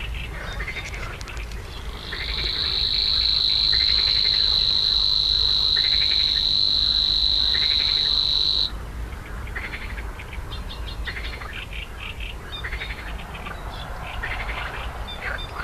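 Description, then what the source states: Savi's warbler reeling song, a high, insect-like continuous buzz lasting about six seconds, while another bird repeats short rising-falling chirped phrases before and after it. Slatina pond, Prague, Czech Republic; 16 June 2013, 21:31–21:35 CEST; only regular Prague site, breeding there yearly in several pairs; at least two breeding pairs in 2013.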